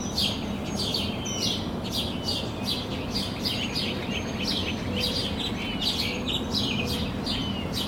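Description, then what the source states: Birds in a dawn chorus, many overlapping high chirps and short tweets repeating steadily throughout, over a constant low rumbling background hum. Recorded at sunrise from a balcony in Denton, Texas.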